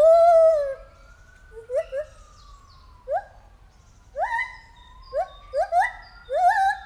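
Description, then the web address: White-handed gibbon call opening with a loud sustained wail, followed by quick upward-sweeping hoots repeated in bursts while a second voice glides slowly upward. At Debrecen Zoo in 2019, during a first encounter. "allathangok debrecenizoo 2019 feherkezu gibbon elsotalalkozasunk"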